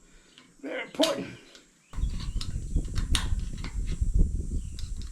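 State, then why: Seated. A metal retaining ring (snap ring) is pushed into its groove on the gland of a hydraulic tilt cylinder from a John Deere 7405 tractor loader during resealing. Someone talks briefly, then from about 1.9 s there is steady scraping and clattering with small ticks as the ring is worked in. A sharp snap at 3.2 s marks the ring seating in the groove.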